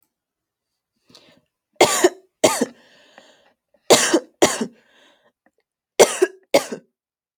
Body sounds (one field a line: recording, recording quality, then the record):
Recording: heavy voluntary cough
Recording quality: excellent, no background noise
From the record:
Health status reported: healthy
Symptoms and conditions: hypertension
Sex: female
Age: 28 years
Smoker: not ticked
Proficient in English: yes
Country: United States